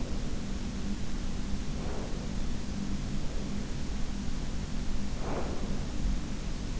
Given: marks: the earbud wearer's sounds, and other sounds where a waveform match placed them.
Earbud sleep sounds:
sounds in sleep by an in-ear microphone; breath
0.00-2.37 s: breath
3.21-5.92 s: breath

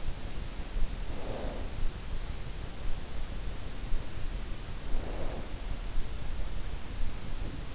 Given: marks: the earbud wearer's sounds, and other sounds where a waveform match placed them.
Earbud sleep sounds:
sounds in sleep by an in-ear microphone; snoring breath
1.01-1.95 s: snoring breath
4.92-5.64 s: snoring breath

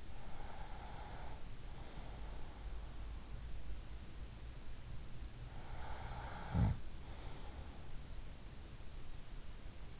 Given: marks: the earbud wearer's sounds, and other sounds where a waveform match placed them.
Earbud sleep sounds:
sounds in sleep by an in-ear microphone; breath, snoring breath
0.00-2.84 s: breath
5.56-8.35 s: snoring breath

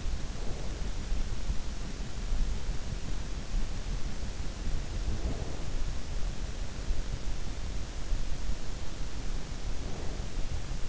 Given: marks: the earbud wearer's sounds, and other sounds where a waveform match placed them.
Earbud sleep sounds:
sounds in sleep by an in-ear microphone; breath
0.00-0.90 s: breath
4.83-6.06 s: breath
9.59-10.89 s: breath

